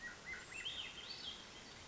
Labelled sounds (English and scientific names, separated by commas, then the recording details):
Swainson's Thrush (Catharus ustulatus)
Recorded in Sonoma County, California